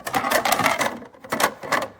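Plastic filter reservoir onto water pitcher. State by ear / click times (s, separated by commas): not seated / none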